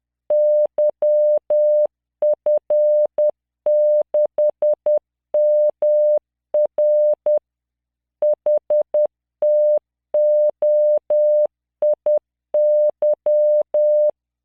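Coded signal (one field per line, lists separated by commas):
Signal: Morse code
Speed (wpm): 10 wpm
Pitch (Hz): 600 Hz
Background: none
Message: YF6MR HTOIY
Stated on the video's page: Practice generated by LearningMorse software at 10 WPM, 600 Hz tone, standard three-dot spacing, random five-character groups.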